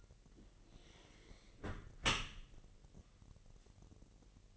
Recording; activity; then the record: daily activity, microphone in the room; close dishwasher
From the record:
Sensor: 4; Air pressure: 1001.4 hPa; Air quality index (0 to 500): 250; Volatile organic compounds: 44 ppm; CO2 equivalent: 3219 ppm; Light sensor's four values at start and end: 7/16/6/6 and 8/18/7/6